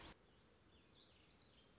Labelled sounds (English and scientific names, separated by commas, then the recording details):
Warbling Vireo (Vireo gilvus)
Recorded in Sonoma County, California